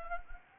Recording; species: mosquito wingbeat signal from an infrared sensor; Anopheles gambiae